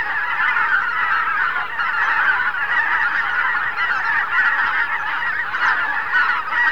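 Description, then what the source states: Greater white-fronted goose: a huge flock, countless yelping honks merging into a steady clamour throughout. Flocks of thousands of geese flying over a river island, making a great din; central Russia.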